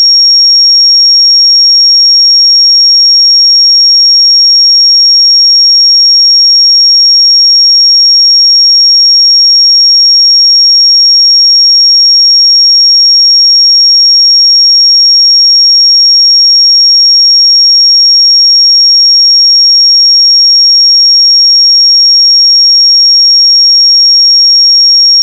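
A pure sine tone holds at 5568 Hz, a thin, piercing high whistle. It runs unbroken and perfectly steady for the full twenty-five seconds, never changing in pitch or loudness, with nothing else audible beneath it.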